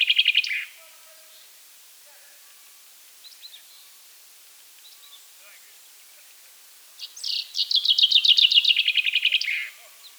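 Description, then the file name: Common chaffinch: the tail of one trilled song, then a full rattling, descending phrase ending in a flourish; faint chirps in between. "Fringilla coelebs"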